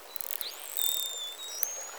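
Whale whistles: several thin, high tonal sweeps, some rising and some gently falling, with a brief run of pulsed sounds near the start over a hissy background.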